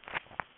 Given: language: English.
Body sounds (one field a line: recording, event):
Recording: throat vibration sensor signal played as sound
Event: swallow